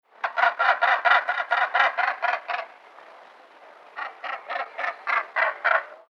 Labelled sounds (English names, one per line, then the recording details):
Northern Gannet
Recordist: Tembrock, Günter
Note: Rufreihe eines Paares